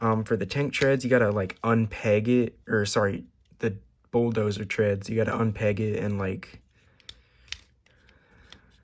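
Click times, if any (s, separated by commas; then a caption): 7.5 s. Someone talks, then handles the plastic bulldozer treads on a Transformers Studio Series 86 Bonecrusher action figure, unpegging them and moving them to a new position. A few small clicks and rattles follow from about 7.0 s to 8.5 s, and the tread piece snaps into place on the figure's body peg with a sharp click at 7.5 s.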